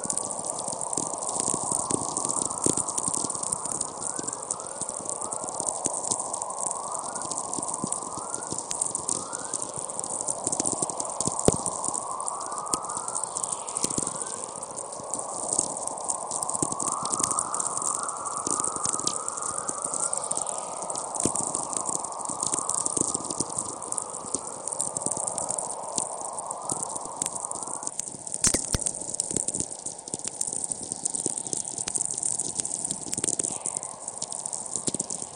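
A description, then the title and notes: Natural radio emissions picked up by a remote receiver in Antarctica: a dense, steady hiss with a thick rushing band in the low-middle range and a bright whine near the top. Sharp clicks crackle throughout, and faint falling whistles sweep down now and then. A compilation of the 'sounds' of Earth's natural radio emissions as recorded by a remote VLF receiver at the Halley VI research station in Antarctica. Recorded by the Sounds of Space Project.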